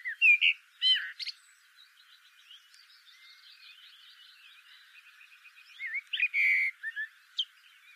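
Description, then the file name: Eurasian blackbird song: loud fluted whistles open, followed by soft high twittering, then another whistled phrase near the end. "Turdus merula"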